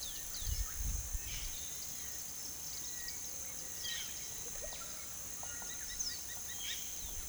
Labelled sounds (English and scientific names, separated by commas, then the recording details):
unidentified bird, Russet-backed Oropendola (Psarocolius angustifrons), White-throated Toucan (Ramphastos tucanus), Lineated Woodpecker (Dryocopus lineatus)
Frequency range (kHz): Russet-backed Oropendola (Psarocolius angustifrons) 0.6-6.8 kHz; White-throated Toucan (Ramphastos tucanus) 0.9-3.2 kHz; Lineated Woodpecker (Dryocopus lineatus) 1.1-5.5 kHz
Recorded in pastures near Puerto Asís, Putumayo, Colombia, on 18 February 2024 at 09:00
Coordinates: 0.466, -76.323
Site G6384